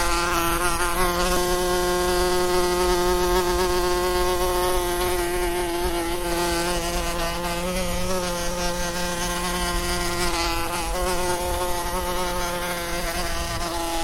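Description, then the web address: Wasp: constant droning buzz of a wasp, loud and unbroken, its pitch dipping and rising a little as the insect moves. Wasp buzzing around close by, constant buzzing. "Tom Hutchings Wasp Buzzing Around Close Constant"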